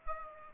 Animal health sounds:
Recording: mosquito wingbeat signal from an infrared sensor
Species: Aedes aegypti

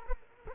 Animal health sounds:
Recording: mosquito wingbeat signal from an infrared sensor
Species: Culex quinquefasciatus

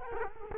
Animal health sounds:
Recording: mosquito wingbeat signal from an infrared sensor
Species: Culex quinquefasciatus

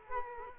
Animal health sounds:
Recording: mosquito wingbeat signal from an infrared sensor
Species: Culex quinquefasciatus

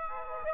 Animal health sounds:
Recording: mosquito wingbeat signal from an infrared sensor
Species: Aedes aegypti

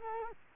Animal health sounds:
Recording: mosquito wingbeat signal from an infrared sensor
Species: Culex quinquefasciatus

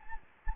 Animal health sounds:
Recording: mosquito wingbeat signal from an infrared sensor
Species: Anopheles gambiae

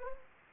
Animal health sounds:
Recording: mosquito wingbeat signal from an infrared sensor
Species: Anopheles gambiae

